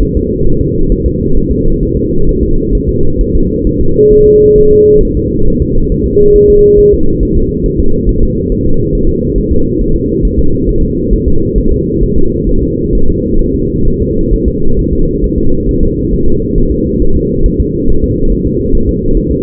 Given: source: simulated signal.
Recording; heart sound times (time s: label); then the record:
fetal heart sounds
0.03 s: S1
0.17 s: S2
0.47 s: S1
0.61 s: S2
0.92 s: S1
1.06 s: S2
1.37 s: S1
1.52 s: S2
1.83 s: S1
1.97 s: S2
2.29 s: S1
2.43 s: S2
2.75 s: S1
2.89 s: S2
3.21 s: S1
3.35 s: S2
3.67 s: S1
3.81 s: S2
4.13 s: S1
4.27 s: S2
4.58 s: S1
4.72 s: S2
5.03 s: S1
5.17 s: S2
5.48 s: S1
5.62 s: S2
5.92 s: S1
6.06 s: S2
6.36 s: S1
6.50 s: S2
6.79 s: S1
6.94 s: S2
7.23 s: S1
7.37 s: S2
7.66 s: S1
7.80 s: S2
8.09 s: S1
8.23 s: S2
8.52 s: S1
8.66 s: S2
8.95 s: S1
9.09 s: S2
9.38 s: S1
9.52 s: S2
9.81 s: S1
9.96 s: S2
10.25 s: S1
10.39 s: S2
10.69 s: S1
10.83 s: S2
11.13 s: S1
11.28 s: S2
11.58 s: S1
11.72 s: S2
12.04 s: S1
12.18 s: S2
12.49 s: S1
12.63 s: S2
12.95 s: S1
13.09 s: S2
13.41 s: S1
13.56 s: S2
13.88 s: S1
14.02 s: S2
14.33 s: S1
14.48 s: S2
14.79 s: S1
14.93 s: S2
15.24 s: S1
15.38 s: S2
15.69 s: S1
15.83 s: S2
16.13 s: S1
16.28 s: S2
16.58 s: S1
16.72 s: S2
17.02 s: S1
17.16 s: S2
17.46 s: S1
17.60 s: S2
17.90 s: S1
18.04 s: S2
18.32 s: S1
18.47 s: S2
18.75 s: S1
18.89 s: S2
19.17 s: S1
19.31 s: S2
From the record:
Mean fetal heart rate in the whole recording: 135 bpm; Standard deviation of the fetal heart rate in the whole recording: 3 bpm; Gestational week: 36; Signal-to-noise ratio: -19.1 dB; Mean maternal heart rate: 72 bpm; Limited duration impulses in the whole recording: present